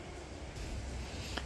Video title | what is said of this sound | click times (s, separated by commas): Merida E160 8000: How to replace Shimano Derailleur, Cassette, Chain, Chain Ring | there we go and once it's in it's not fully locked yet I bring the | 1.4 s